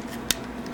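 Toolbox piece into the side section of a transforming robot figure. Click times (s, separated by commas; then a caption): 0.3 s. A toolbox piece is worked into the blue side section of a large plastic Optimus Prime figure during its transformation. It snaps into place with a single sharp click at 0.3 seconds, and the piece is seated.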